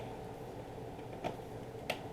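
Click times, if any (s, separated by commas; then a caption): 1.9 s. A keyed 8-pin CPU power plug, which fits only one way, is pushed into the motherboard header against a steady low background hum. A faint tick at about 1.3 s is followed by a sharp, short snap at 1.9 s as the connector seats in the header.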